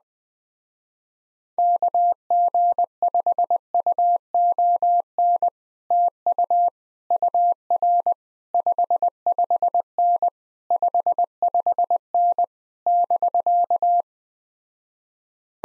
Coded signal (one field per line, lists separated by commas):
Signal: Morse code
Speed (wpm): 20 wpm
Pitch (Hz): 700 Hz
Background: none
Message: KG5UON TU UR 55N 55N <BK>